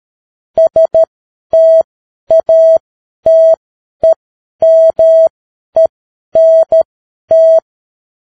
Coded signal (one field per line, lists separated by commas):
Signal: Morse code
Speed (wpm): 13 wpm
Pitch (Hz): 650 Hz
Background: none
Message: STATEMENT